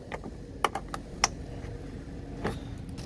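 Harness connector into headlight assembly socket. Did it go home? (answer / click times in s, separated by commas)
yes / 0.6 s, 1.2 s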